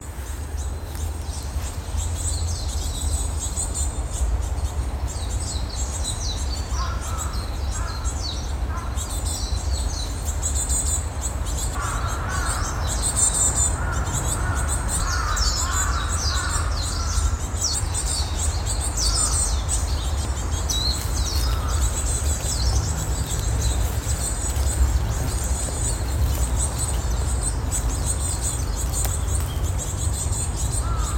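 Young Japanese tits call in a dense, continuous chatter of high, thin notes that stay busy for the whole stretch. Lower, shorter calls come in brief bursts around 7, 12 to 18 and 20 seconds. A steady low rumble runs underneath throughout.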